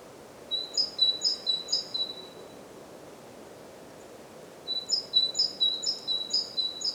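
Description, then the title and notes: Great tit song with bright high disyllabic phrases repeated rhythmically, two bursts of several repeats separated by a quiet gap, soft background hiss. Recorded at Głodówka, Žilina Region, Slovakia, with a Zoom F3 recorder and Usi Pro microphones. "Głodówka, Kraj żyliński, Słowacja - Great voice of a great tit. Recordist: Maciej Wirmański"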